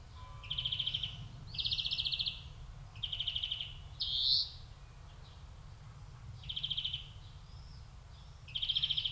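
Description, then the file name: European greenfinch singing repeated rattling trills, each under a second long, with one short rising wheezy note midway, over faint low background noise. "Chloris chloris"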